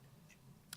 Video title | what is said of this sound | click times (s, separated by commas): Misfit Crafter Menagerie Autumn Release | if it snaps in place it's nice and sturdy it sits on its own it's the right way | 0.7 s